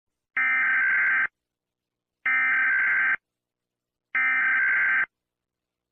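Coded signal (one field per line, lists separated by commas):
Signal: Emergency Alert System (SAME) tones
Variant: header bursts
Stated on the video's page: Simulated EAS scenario.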